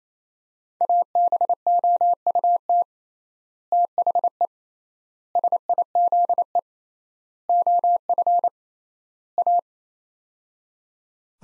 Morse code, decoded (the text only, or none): ABOUT THE SIZE OF A